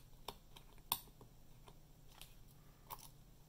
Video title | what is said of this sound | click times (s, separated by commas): How to Easily Upgrade Your Laptop to WIFI 6 | And then press down and you'll hear a snap when it's good. | 0.9 s